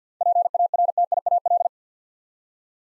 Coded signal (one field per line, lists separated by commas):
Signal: Morse code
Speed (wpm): 49 wpm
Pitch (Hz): 700 Hz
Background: none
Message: PARTIAL